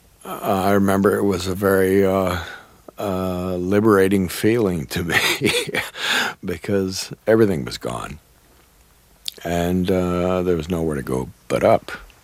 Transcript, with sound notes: I remember it was a very liberating feeling to me (laughs) because everything was gone, and there was nowhere to go but up.